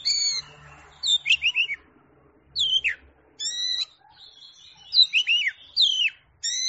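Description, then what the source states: Oriental magpie-robin: bright whistled notes, sharp downward slurs and ringing phrases repeated in short bursts, with a soft low hum early on. Champion songbird singing.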